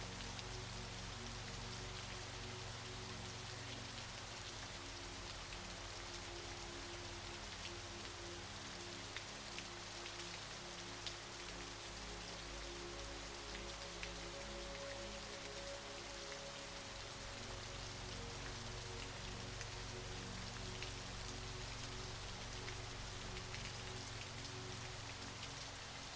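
A waterfall pours in a steady, dense hiss across the whole clip, with fine splashing detail up high. Soft, low sustained music tones hum underneath, shifting gently in pitch around the middle, with a brief higher note near fifteen seconds.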